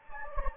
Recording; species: mosquito wingbeat signal from an infrared sensor; Anopheles gambiae